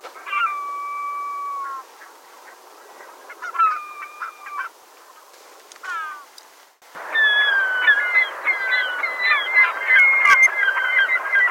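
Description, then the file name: Glaucous gull calls: long, level, drawn-out wails held over a second, then a burst of yelping, laughing notes repeated quickly and overlapping toward the end. "POLARMÅKE"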